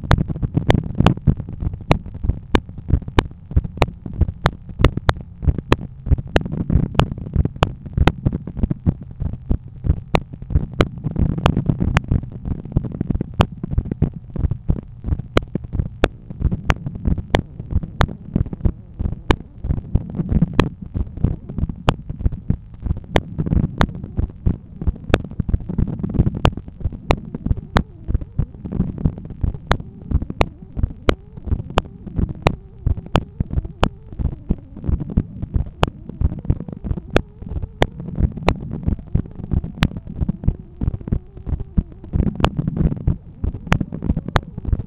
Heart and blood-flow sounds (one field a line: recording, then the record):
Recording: heart sounds by stethoscope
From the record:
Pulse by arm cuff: 92 bpm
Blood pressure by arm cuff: 143/89 mmHg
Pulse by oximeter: 99 bpm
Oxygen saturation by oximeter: 97%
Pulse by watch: 95 bpm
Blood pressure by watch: 128/84 mmHg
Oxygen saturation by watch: 93%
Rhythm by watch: sinus rhythm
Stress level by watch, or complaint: medium stress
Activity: after 5 min smoking and 1 beer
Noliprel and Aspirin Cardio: no pills today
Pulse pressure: 54 mmHg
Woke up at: 7:30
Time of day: 17:33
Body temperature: 36.2 C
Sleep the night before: 9 h 22 min, score 68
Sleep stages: REM 22%, light 66%, deep 4%, awake 8%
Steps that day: 11800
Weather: sunny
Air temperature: 21.2 C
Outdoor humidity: 62%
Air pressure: 1014 hPa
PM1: 4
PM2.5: 6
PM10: 8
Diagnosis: hypertension, treated with Noliprel and Aspirin Cardio 100 mg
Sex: male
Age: 53 years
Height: 174 cm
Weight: 81 kg